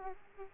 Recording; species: mosquito wingbeat signal from an infrared sensor; Aedes aegypti